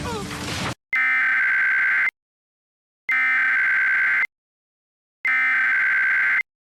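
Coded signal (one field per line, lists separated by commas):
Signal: Emergency Alert System (SAME) tones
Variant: header bursts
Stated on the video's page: Fictional EAS-style scenario, simulated alert.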